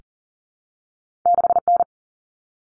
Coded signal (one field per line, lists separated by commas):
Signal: Morse code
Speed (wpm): 40 wpm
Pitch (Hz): 700 Hz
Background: none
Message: 6N